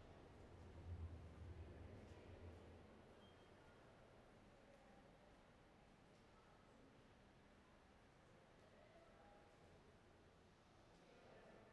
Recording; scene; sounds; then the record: everyday scene through a hearing-aid microphone; reverberant space; background noise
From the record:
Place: railway station hall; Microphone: behind the ear, right, front